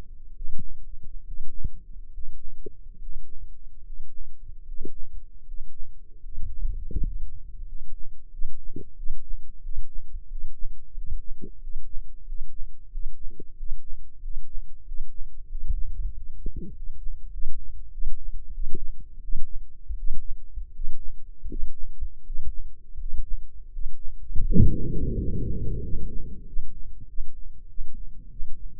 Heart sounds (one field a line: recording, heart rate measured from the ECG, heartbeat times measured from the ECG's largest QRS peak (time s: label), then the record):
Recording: heart sounds by microphone in the left ear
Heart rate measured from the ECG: 86 bpm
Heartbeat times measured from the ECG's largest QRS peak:
0.32 s: heartbeat
1.21 s: heartbeat
2.07 s: heartbeat
2.95 s: heartbeat
3.79 s: heartbeat
4.61 s: heartbeat
5.40 s: heartbeat
6.17 s: heartbeat
6.93 s: heartbeat
7.61 s: heartbeat
8.28 s: heartbeat
8.93 s: heartbeat
9.58 s: heartbeat
10.25 s: heartbeat
10.91 s: heartbeat
11.56 s: heartbeat
12.21 s: heartbeat
12.87 s: heartbeat
13.52 s: heartbeat
14.17 s: heartbeat
14.81 s: heartbeat
15.44 s: heartbeat
16.08 s: heartbeat
16.68 s: heartbeat
17.30 s: heartbeat
17.90 s: heartbeat
18.51 s: heartbeat
19.20 s: heartbeat
19.95 s: heartbeat
20.71 s: heartbeat
21.46 s: heartbeat
22.22 s: heartbeat
22.95 s: heartbeat
23.68 s: heartbeat
24.41 s: heartbeat
25.11 s: heartbeat
25.78 s: heartbeat
26.43 s: heartbeat
27.05 s: heartbeat
27.66 s: heartbeat
28.29 s: heartbeat
From the record:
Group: healthy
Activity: Valsalva maneuver 0-24 s, rest 24-29 s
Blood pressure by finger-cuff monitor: 91/60 mmHg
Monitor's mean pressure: 72 mmHg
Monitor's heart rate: 81 bpm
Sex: male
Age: 23 years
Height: 178 cm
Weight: 96.6 kg